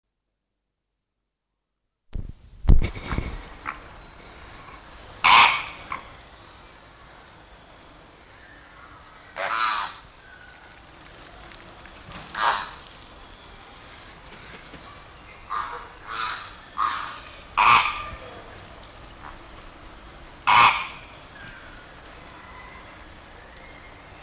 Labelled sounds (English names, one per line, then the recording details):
Greater Flamingo call
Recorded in captivity
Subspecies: roseus
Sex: group
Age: adult
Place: Tiergarten Schönbrunn, Wien, AT
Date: 1999-11-10 14:04
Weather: stark bedeckt, 5°C
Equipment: Sony WM-D6C, Sennheiser ME 80, Kopie Uher 4000 Report Monitor
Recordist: Tembrock, Günter